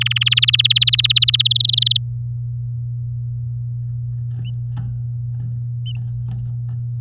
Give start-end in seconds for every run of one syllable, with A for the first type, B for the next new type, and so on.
0.01-0.18 A, 0.21-1.48 B, 1.50-1.97 C